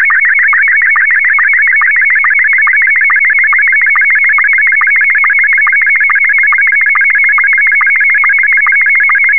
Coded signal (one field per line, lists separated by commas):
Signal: SSTV (slow-scan television)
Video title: SSTV decoding using mmsstv and wavecom